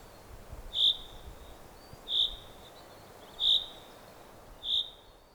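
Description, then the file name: Common chaffinch giving four short, sharp high call notes at even intervals against quiet background hiss. "Fringilla coelebs"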